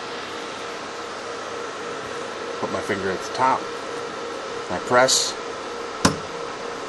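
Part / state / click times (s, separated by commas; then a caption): RAM module into motherboard DIMM slot / seated / 6.0 s. A RAM module is pressed down into a motherboard DIMM slot in a Dell OptiPlex 990 desktop, with a finger on the top end, over a steady fan hum while someone talks. A sharp click at 6.1 s marks the latch closing as the module snaps into place, seated.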